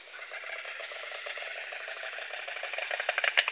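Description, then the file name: White stork bill-clatter: a soft, blurred rattle that grows louder and more distinct toward the end, with sharper clacks in the last second. "Golosa ptic Evropy - Aist belyj"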